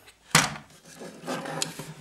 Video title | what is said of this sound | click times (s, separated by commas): Transformers Takara Masterpiece Rodimus Prime Review Plus Comparison with Hasbro Hot Rod | number one is this kind of buzz saw blade which simply pops into place like so and that | 0.4 s